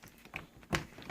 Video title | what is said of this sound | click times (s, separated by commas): amazon kwikset smart lock touchpad, electronic deadbolt, battery change. | this pops right in | 0.4 s, 0.8 s